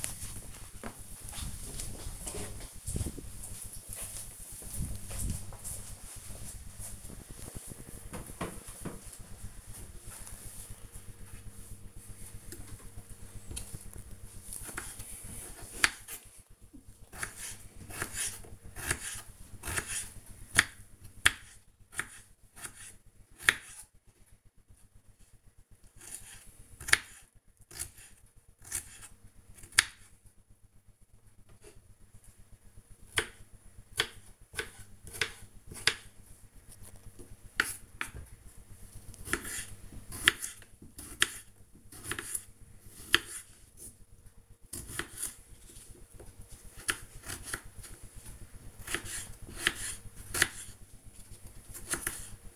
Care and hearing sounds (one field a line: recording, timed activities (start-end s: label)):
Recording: household activities, microphone on the right wrist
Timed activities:
12.46-52.56 s: cutting vegetables